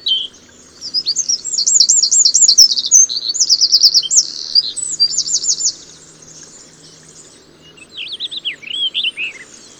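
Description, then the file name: Eurasian wren singing a long, loud run of fast, high twittering trills, then a pause before a second shorter trilled phrase begins. "Troglodytes troglodytes"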